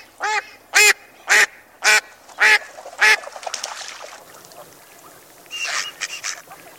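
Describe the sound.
Mallard quacking, six loud harsh quacks about every half second, then quieter, softer duck calls trailing off near the end.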